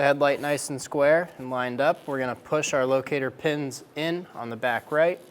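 A headlight assembly on a 2007-2017 Ford Expedition is lined up square and its plastic locator pins are pushed straight toward the receiving holes in the vehicle body on the back right while someone talks throughout. Nothing has seated or clicked yet.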